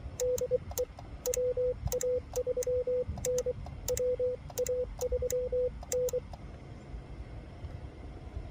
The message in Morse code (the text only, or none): DE WA3N WA3N